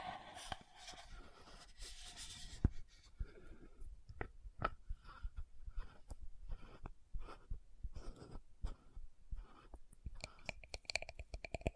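Lid sounds with bottle tapping and scratching: the first two and a half seconds carry a dense, bright scraping rasp, then a sharp click. Afterward come irregular taps and knocks, several per second, some ringing briefly, with light scratching between them.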